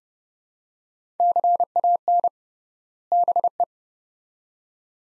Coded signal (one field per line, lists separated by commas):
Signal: Morse code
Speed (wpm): 29 wpm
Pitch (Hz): 700 Hz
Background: none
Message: CAN BE